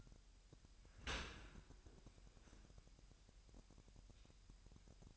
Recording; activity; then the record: daily activity, microphone in the room; open dishwasher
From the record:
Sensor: 2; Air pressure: 998.2 hPa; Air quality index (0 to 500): 148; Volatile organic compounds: 4 ppm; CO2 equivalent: 1672 ppm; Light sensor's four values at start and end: 10/30/12/11 and 10/30/12/11